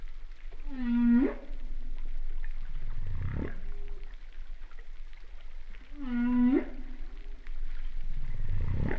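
Humpback whale song units: a harmonic whoop ending on a low steady tone, followed by a deep swelling grunt, then the same pair again.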